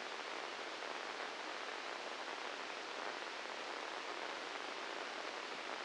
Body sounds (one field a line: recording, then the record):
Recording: brain microelectrode recording played as sound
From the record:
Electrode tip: inside the subthalamic nucleus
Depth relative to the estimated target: -2 mm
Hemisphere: right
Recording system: NeuroSet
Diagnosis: Parkinson's disease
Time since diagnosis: 13 years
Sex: male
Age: 66 years